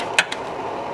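A plastic wiring harness connector is pushed onto the terminal of an LT1 fuel injector and clips home with a little snap. Two sharp clicks are heard at 0.2 s and 0.3 s, the first louder, over a steady low background. The connector is seated.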